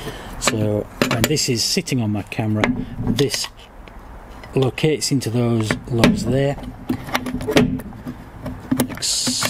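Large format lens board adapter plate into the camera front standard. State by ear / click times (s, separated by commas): seated / 8.8 s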